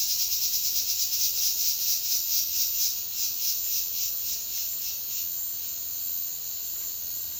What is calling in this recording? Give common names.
none